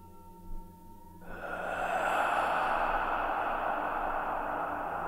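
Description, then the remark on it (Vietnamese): A demon breathes out cold air in a long, drawn-out breathy exhale, a steady airy hiss that swells in after a brief low tonal hum and holds for several seconds without fading much. “Nó thở ra một làn hơi lạnh lẽo.”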